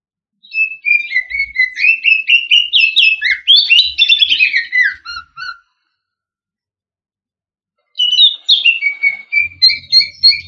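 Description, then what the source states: Green leafbird singing a long, fast run of varied whistled notes that climb and then fall, a silent gap, then a fresh burst of sliding whistles. Local Indonesian name cucak ijo; labelled daun kecil type.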